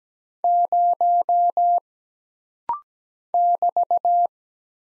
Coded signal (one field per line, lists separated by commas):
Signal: Morse code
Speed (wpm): 17 wpm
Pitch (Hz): 700 Hz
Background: none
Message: 0 <BT>